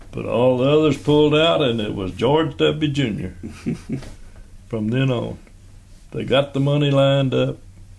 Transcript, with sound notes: but all the others pulled out and it was George W. Junior [chuckles] from then on. They got the money lined up.